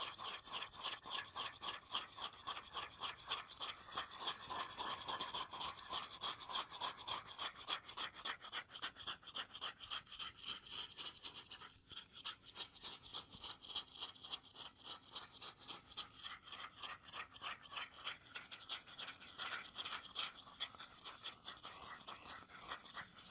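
Continuous scratching and scraping on a hard surface, like a utensil working around the bottom of a bowl, in fast, regular back-and-forth strokes. The rasping is bright and dense throughout, easing slightly in loudness around the twelve-second mark before carrying on. No speech.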